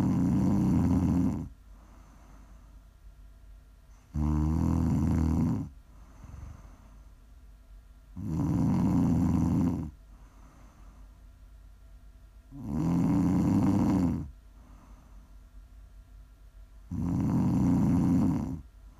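Regular low rattling snores from an adult woman asleep, about 14 a minute, with quiet exhalations between them.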